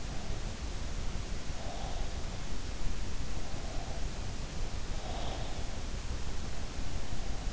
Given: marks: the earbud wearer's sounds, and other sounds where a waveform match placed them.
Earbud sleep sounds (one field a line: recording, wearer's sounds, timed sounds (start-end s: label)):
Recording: sounds in sleep by an in-ear microphone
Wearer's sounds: breath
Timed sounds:
0.86-2.22 s: breath
3.27-5.92 s: breath